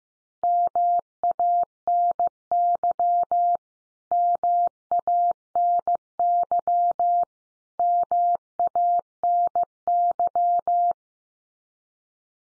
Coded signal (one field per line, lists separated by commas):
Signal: Morse code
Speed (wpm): 15 wpm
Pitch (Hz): 700 Hz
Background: none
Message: MANY MANY MANY